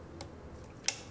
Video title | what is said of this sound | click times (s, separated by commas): How to Accessorize an AR-15 Upper Receiver | and it clicks into place it's pretty sturdy | 0.9 s